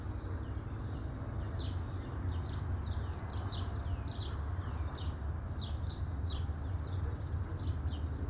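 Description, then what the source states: Birds chirping busily, quick high notes in rapid overlapping bursts, set against a steady low rumble. Birds chirping at midday.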